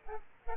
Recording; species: mosquito wingbeat signal from an infrared sensor; Aedes aegypti